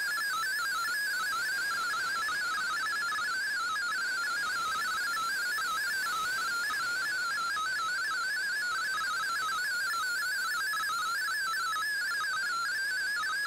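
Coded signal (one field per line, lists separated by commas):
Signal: multi-tone FSK (Olivia or MFSK type)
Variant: MFSK32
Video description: Here is my decode of the Shortwave Radiogram broadcast today on 15770Khz shortwave radio at 1300UTC in MFSK32 and 64 with 10 SSTV images.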